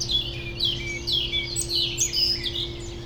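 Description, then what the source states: European robin song, a run of clear, high, sweet warbling phrases with quick changes of pitch, over a faint steady hum. Robin in the foreground of Bois de Memard, a small peri-urban wood near the Jardin Vagabond, Aix-les-Bains, France; city rumble in background.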